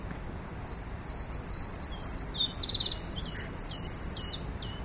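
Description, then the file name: Eurasian wren song: a loud, very high, rapid run of buzzy trills and sharp ticking notes pouring out almost without pause for about four seconds. "Troglodytes troglodytes"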